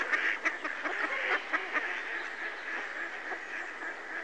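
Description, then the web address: Mallard quacks, a few louder nasal calls early on, then softer, scattered quacking in the background. Close-up. "BBC Sound Effects Library. Mallard (Anas Platyrhynchos)"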